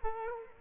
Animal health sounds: mosquito wingbeat signal from an infrared sensor; Culex quinquefasciatus

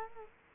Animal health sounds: mosquito wingbeat signal from an infrared sensor; Culex quinquefasciatus

